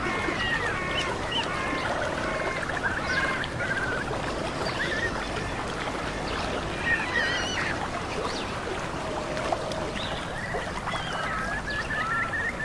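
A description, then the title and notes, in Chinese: A real outdoor nature ambience recording with a steady, dense wash of sound that stays at an even level throughout. Many bird calls and chirps layer over it, mostly mid to high pitched, with a low rumble underneath and no single event standing out. 真实录制的大自然白噪音氛围。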